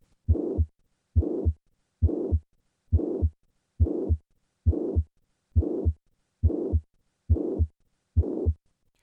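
Heart by stethoscope in an adult, about 69 beats per minute: the systolic murmur of hypertrophic cardiomyopathy, filling the space between the first and second heart sounds, heard with the patient standing after squatting.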